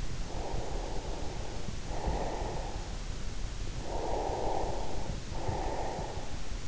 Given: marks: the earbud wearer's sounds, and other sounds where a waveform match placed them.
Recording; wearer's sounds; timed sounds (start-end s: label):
sounds in sleep by an in-ear microphone; breath
0.45-2.79 s: breath
3.70-6.68 s: breath